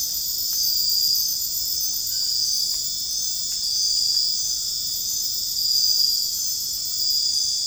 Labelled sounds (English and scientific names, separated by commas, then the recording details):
none
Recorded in dense forest near Puerto Asís, Putumayo, Colombia, on 21 February 2024 at 03:30
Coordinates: 0.485, -76.325
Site G6429